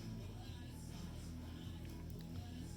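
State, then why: Not seated. A metal top bearing spring for a slot car armature is pressed hard into place in the slot car chassis, behind the tab and nub. Under steady background music and a low hum, two faint short ticks are heard near 2.1 and 2.2 seconds. The spring has not snapped into place yet.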